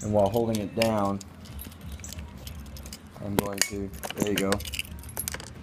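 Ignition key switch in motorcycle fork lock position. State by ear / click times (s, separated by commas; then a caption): seated / 5.3 s. On a 2013 Harley-Davidson Road Glide, during inner fairing and instrument cluster removal for paint, the ignition key switch is held down in the fork lock position while the key is turned and pulled out. Someone talks while keys jangle and small metallic taps follow. A sharp click at 5.3 s marks the switch catching in its groove and seating in the fork lock position.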